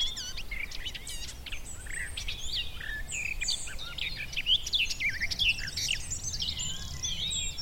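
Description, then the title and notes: Garden warbler song, rich, rapid warbling with bright rising and falling notes tumbling together, faint low noise beneath. Male singing a fluted, rather frenetic song in spring on a scrubby hillside with hawthorns in bloom; migrant species. "Sound escape 65: be enchanted by the little-known song of the garden warbler. by Fergus Collins"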